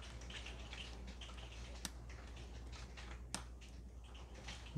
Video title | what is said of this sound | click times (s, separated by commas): My Son Broke his Phone Screen so I made him Fix it | put it off well make sure don't put too much pressure just a little bit and make sure it clicks okay | 1.8 s, 3.3 s